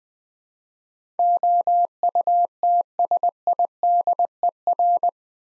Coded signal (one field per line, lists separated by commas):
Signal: Morse code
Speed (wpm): 20 wpm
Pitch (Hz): 700 Hz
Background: none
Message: OUTSIDER